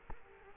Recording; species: mosquito wingbeat signal from an infrared sensor; Culex quinquefasciatus